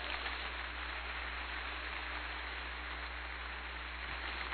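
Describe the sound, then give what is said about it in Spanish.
Steady, dense applause from an audience after a prayer in the name of Jesus Christ, a continuous wash of many hands clapping at an even level throughout, with no voices heard over it. “Dale un fuerte aplauso.”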